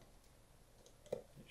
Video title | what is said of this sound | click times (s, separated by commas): How To Fix A Suttner ST73 Foam Lance | it should clip all the way in like | 1.1 s